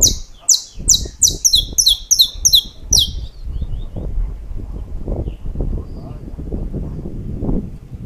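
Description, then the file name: Saffron finch song: a fast run of sharp, high, slurred chips repeated about three per second for three seconds, then stopping, over steady low rumbling background noise. "Canto-do-Canário-da-Terra"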